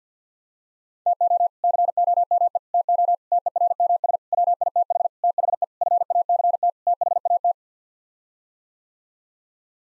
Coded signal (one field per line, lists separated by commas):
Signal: Morse code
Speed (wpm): 50 wpm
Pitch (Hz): 700 Hz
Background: none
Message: TO COME TO TERMS WITH THE FACT THAT